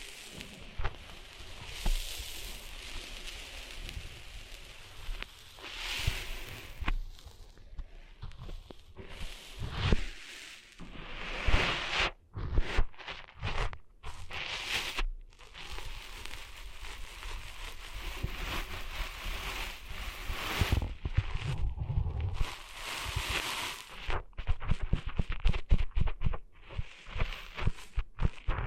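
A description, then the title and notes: Ear cleaning sounds: dense, crackly scratching and rubbing that comes in bursts, some sharp and bright, others soft and muffled. The texture keeps shifting, with near-silent gaps around 12 and 15 seconds and a heavier, rumbling stretch near 20 seconds. ASMR Cleaning Sand Out of Your Ears (No Talking).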